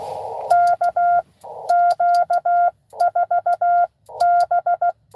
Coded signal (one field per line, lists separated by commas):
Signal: Morse code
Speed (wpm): 16 wpm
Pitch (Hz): 690 Hz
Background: none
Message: K Q4 B